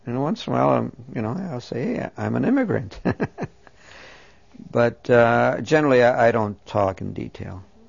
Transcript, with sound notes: And once in a while, you know, I'll say, "I'm an immigrant." (He laughs.) But, uh, generally I don't talk in detail